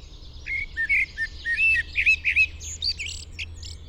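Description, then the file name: Common blackbird song: a few low, mellow fluted whistles followed by a rushed squeaky twitter of higher notes, with a low rumble underneath. "Turdus merula"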